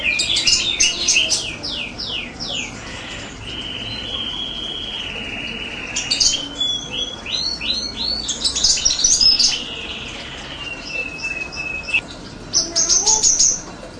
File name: burung serindit